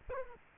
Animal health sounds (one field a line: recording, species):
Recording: mosquito wingbeat signal from an infrared sensor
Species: Culex quinquefasciatus